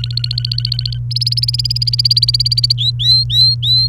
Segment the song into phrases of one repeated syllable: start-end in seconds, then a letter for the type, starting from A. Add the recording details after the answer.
0.00-0.98 A, 1.11-2.73 B, 2.78-3.87 C. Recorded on 29 April 2018 at 14:30. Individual llb3